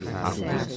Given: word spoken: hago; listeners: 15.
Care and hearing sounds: one Spanish word in noise, from a listening test; eight-talker babble; -3.7 dB; 0 of 15; 6 of 15; 0.37 s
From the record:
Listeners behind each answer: 6, 1, 1, 1, 1, 1, 1, 1, 1, 1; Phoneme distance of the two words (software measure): 17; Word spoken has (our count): 2 syllables, 3 phonemes, stress on syllable 1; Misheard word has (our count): 2 syllables, 4 phonemes, stress on syllable 1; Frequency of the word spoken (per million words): 36.79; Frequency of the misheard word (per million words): 358.56

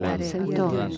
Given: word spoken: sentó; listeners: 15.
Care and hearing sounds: one Spanish word in noise, from a listening test; four-talker babble; 0.2 dB; 2 of 15; 6 of 15; 0.58 s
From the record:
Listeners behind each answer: 6, 4, 2, 1, 1, 1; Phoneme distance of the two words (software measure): 48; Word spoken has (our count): 2 syllables, 5 phonemes, stress on syllable 2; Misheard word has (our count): 2 syllables, 5 phonemes, stress on syllable 2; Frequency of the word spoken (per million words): 17.34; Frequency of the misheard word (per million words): 44.55

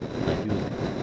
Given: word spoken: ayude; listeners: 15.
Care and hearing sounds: one Spanish word in noise, from a listening test; noise modulated by three-talker babble; -4.0 dB; 0 of 15; 11 of 15; 0.63 s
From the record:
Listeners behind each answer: 11, 1, 1, 1, 1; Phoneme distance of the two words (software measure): 10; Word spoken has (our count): 3 syllables, 5 phonemes, stress on syllable 2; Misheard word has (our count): 3 syllables, 5 phonemes, stress on syllable 2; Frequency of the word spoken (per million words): 7.14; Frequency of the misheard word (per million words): 137.11

